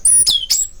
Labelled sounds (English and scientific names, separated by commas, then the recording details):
Stitchbird (Notiomystis cincta) song
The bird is a male
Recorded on Tiritiri Matangi Island, New Zealand, in 2005
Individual 19, of nest box 27